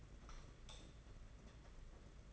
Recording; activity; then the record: daily activity, microphone in the room; light off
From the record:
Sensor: 4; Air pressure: 992.7 hPa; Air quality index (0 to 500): 168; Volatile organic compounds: 243 ppm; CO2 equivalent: 4343 ppm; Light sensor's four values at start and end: 6/14/5/6 and 4/8/3/3